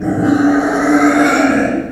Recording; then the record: squeal of a Yucatan mini pig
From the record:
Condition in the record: after surgery on the right vocal fold (resection and tissue-engineered implant); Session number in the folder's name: 4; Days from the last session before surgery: 26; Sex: female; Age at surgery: 19 weeks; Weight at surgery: 25 kg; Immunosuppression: prednisolone